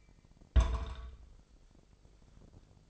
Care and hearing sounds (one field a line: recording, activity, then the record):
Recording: daily activity, microphone in the room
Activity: place on stove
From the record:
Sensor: 5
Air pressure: 995.5 hPa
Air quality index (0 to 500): 96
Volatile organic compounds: 5 ppm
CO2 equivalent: 1818 ppm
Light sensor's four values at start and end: 33/80/33/34 and 34/81/33/34